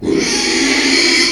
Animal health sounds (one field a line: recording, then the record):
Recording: squeal of a Yucatan mini pig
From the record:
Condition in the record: after surgery on the right vocal fold (resection and tissue-engineered implant)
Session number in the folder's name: 2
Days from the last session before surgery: 13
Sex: male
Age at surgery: 12 weeks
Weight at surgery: 13 kg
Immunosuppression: cyclosporine, prednisolone